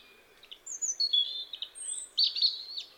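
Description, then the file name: European robin song: high, thin whistles and twittering notes in a loose, varied phrase over a soft hiss of background noise. "Erithacus rubecula"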